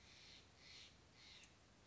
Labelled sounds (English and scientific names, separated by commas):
Steller's Jay (Cyanocitta stelleri)